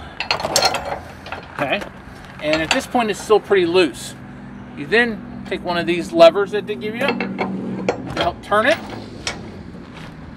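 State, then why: Seated. A Blue Ox SwayPro weight distribution hitch spring bar lever is turned and pushed on the trailer frame lift bracket while someone talks, with metallic clinks early on. It snaps into place at 9.3 s, after which it can only wiggle a little.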